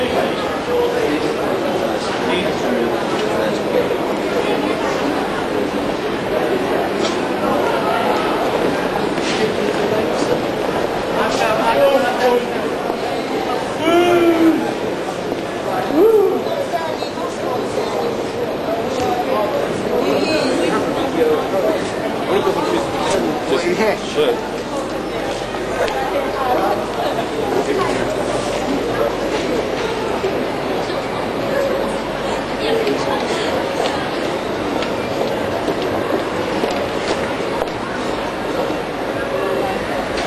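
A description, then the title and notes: A walk through busy streets, with a steady, dense murmur of many overlapping voices and constant background bustle throughout. A little walk around Soho.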